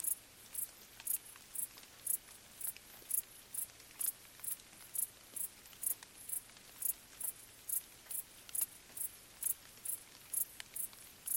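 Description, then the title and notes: Crickets stridulating in steady high chirps, with faint dripping rain in the background. Crickets stridulating late on a summer night in gentle rain falling on vegetation, along an abandoned railway track in Bad Boll, Baden-Württemberg; village silent nearby. "Crickets in gentle summer rain. crickets stridulating late at night whilst gentle summer rain falls on the surrounding vegetation. along an abandoned railway track in Bad Boll, Baden-Württemberg. Colin Hunter. Music for Sleep"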